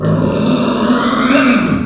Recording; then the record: squeal of a Yucatan mini pig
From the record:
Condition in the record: after surgery on the right vocal fold (resection and tissue-engineered implant); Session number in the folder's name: 11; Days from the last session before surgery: 98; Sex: female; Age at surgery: 19 weeks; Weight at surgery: 25 kg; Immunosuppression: prednisolone